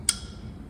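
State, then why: Seated. During a 50,000-mile service and front fork rebuild on a 2020 Harley-Davidson Sport Glide, the metal retaining ring that holds the fork seal snaps into its groove in the fork tube. A single sharp, bright, wood-block-like click lands at 0.1 s, with a brief high ringing tail fading over low background noise. The ring is seated in place.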